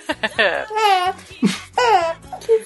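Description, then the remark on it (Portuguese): A baby cries in several short, wavering bursts, high-pitched and fussy, with brief pauses between the whimpers and a low hum underneath. “Que foi? Tá chorando?”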